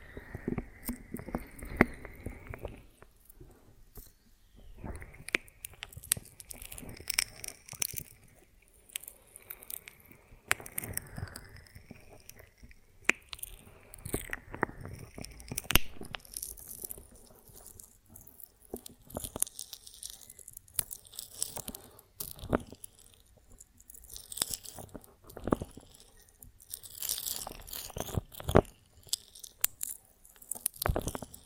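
A honeycomb on a branch being handled and bitten, with sticky crunches, wet clicks and crackles arriving in irregular bursts throughout. Between them come soft squelching smacks and brief quiet gaps, with sharper, brighter crackling clusters near the end.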